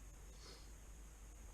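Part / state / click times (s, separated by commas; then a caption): spark plug boot onto ATV spark plug / not seated / none. A rubber spark plug boot is handled and pushed down toward the newly installed spark plug of a small 110cc ATV engine, meant to go all the way in flush. Only steady broadband noise and a low hum are heard, with no distinct click. Nothing has seated or clicked yet.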